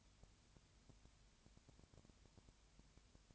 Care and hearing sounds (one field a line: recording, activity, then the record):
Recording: daily activity, microphone in the room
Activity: no activity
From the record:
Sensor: 2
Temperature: 20.4 degrees Celsius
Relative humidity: 35.5%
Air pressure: 1007.1 hPa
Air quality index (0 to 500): 122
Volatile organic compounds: 2 ppm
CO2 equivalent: 1258 ppm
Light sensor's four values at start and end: 2/3/2/2 and 2/3/2/2